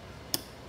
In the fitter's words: Plug that in, and hear it click.